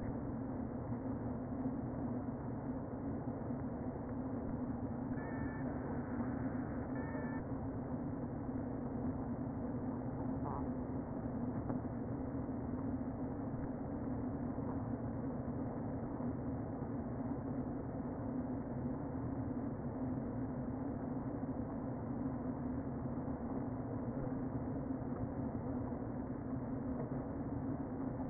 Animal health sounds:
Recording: honeybee colony, microphone inside the hive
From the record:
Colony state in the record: queen present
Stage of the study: before two queens were removed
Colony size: about 60,000 bees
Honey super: yes

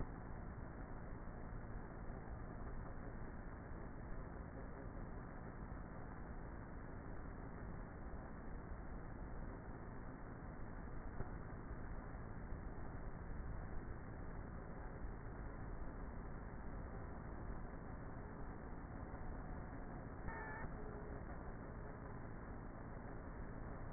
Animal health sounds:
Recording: honeybee colony, microphone inside the hive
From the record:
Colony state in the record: queenless with a low population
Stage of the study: before two queens were removed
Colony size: about 30,000 bees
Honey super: no

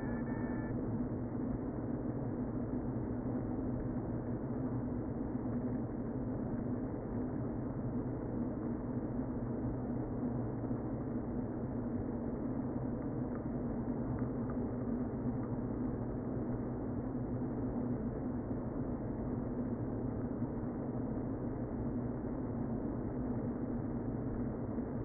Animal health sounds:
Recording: honeybee colony, microphone inside the hive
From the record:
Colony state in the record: queen present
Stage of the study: before two queens were removed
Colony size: about 60,000 bees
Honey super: yes

